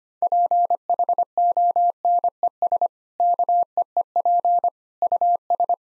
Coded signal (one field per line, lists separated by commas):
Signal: Morse code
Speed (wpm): 25 wpm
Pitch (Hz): 700 Hz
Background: none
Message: PHONES KEEP US